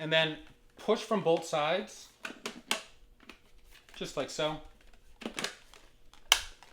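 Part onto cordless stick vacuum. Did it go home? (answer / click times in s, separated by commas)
yes / 6.3 s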